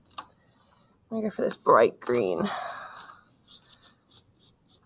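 A cap is pressed back onto a washable marker before switching colors, giving a sharp click at 0.2 s as it seats shut. Someone then talks, followed by a few faint scratchy taps.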